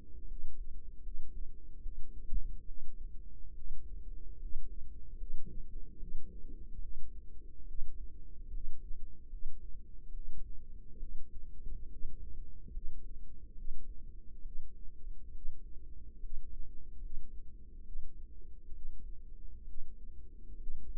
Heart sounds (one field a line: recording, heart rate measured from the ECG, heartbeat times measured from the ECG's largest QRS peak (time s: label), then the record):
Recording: heart sounds by microphone in the right ear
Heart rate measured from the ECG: 71 bpm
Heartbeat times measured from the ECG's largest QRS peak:
0.24 s: heartbeat
0.99 s: heartbeat
1.79 s: heartbeat
2.64 s: heartbeat
3.51 s: heartbeat
4.36 s: heartbeat
5.14 s: heartbeat
5.95 s: heartbeat
6.78 s: heartbeat
7.63 s: heartbeat
8.48 s: heartbeat
9.26 s: heartbeat
10.09 s: heartbeat
10.96 s: heartbeat
11.85 s: heartbeat
12.67 s: heartbeat
13.51 s: heartbeat
14.39 s: heartbeat
15.28 s: heartbeat
16.16 s: heartbeat
16.96 s: heartbeat
17.79 s: heartbeat
18.68 s: heartbeat
19.60 s: heartbeat
20.53 s: heartbeat
From the record:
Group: healthy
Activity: rest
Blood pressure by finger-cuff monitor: 136/85 mmHg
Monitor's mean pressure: 99 mmHg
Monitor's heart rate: 71 bpm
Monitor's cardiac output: 6 L/min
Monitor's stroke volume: 84 mL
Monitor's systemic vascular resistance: 1220 dyn s/cm5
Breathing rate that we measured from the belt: 15 breaths a minute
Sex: female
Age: 22 years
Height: 171 cm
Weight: 65.6 kg